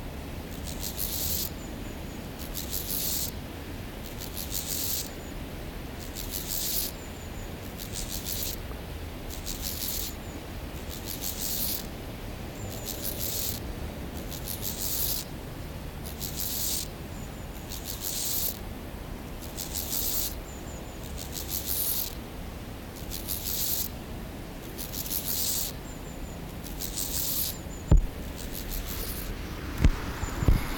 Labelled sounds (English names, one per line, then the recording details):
Steppe Grasshopper stridulation
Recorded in the wild
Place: Eutin, Holsteinische Schweiz, Schleswig-Holstein, DE
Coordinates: 54.132, 10.614
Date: 1992-09-15 12:36
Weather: leicht windig, 18°C
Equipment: Marantz CP 430, Sennheiser ME 80, Kopie Tesla B 116
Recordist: Tembrock, Günter
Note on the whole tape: Männchen (nur 1 H-Schenkel) um Weibchen, eigentlicher Beilaut am Schluß der Strophe, dann 2. Männchen (mit 2 H-Schenkeln); Rivalengesang, dann Werbegesang